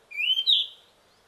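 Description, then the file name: Ryukyu flycatcher giving a single clear whistled call that rises, then steps up into a brighter second note, lasting about two-thirds of a second. Recorded in Okinawa, Japan, on 12 March 2006. "ryuukyuukibitaki 060312 okinawa kaji"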